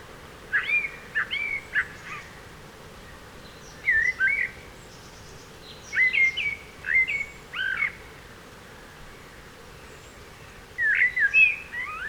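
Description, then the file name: Common blackbird song of warbled phrases with squeaky higher twitters, separated by pauses of a few seconds. "Turdus merula"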